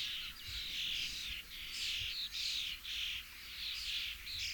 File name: Storno-Sturnus-vulgaris FEDERICO-Lionel